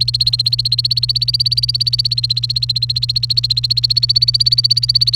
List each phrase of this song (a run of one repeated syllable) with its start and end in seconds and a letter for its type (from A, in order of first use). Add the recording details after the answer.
0.00-5.15 A. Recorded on 29 April 2018 at 09:01. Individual llb3